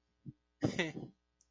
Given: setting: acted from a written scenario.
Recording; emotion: vocal sound without words; embarrassment